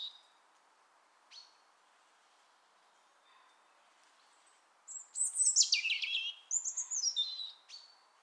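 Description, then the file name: European robin giving a few faint high notes, then a loud rippling phrase of shrill whistles and rapid descending trills. "Erithacus rubecula"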